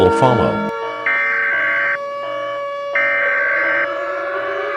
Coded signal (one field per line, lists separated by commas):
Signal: Emergency Alert System (SAME) tones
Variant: header bursts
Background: speech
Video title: 🌈🎨 | Pumpkin Zombies - EAS scenario #7